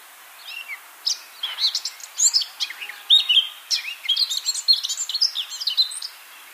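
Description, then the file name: Eurasian blackcap song: a long, busy warble of scratchy and whistled notes mixed together, changing quickly in pitch throughout. "Sylvia atricapilla"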